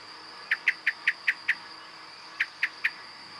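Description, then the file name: Common blackbird sharp chink calls, six rapid notes then three more after a short gap, against a steady high hum. "Turdus merula"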